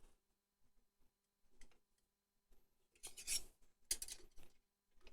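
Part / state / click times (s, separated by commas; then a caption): leg locking clamp on a metal wheel stand / not seated / none. While a metal sim-rig wheel stand's legs are adjusted, its leg locking clamps are worked by hand, giving rattles, scrapes and metallic clanks with the sharpest clank near 3.9 s. The clamp fails: nothing has locked in, because the clamps have to be fully loosened before they will engage.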